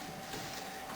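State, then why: Not seated. An ICON Airflow extractor fan casing in its twist-lock wall mount is twisted anti-clockwise to unlock it, heard over a steady broadband hiss with a faint constant tone near 700 Hz and no distinct impacts. The casing does not turn and nothing has clicked or released yet, because the retaining screw is still too tight.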